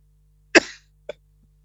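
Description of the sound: Adult man with a hoarse voice gives a slight cough: one strong burst followed by a short trailing sound, then a small second cough.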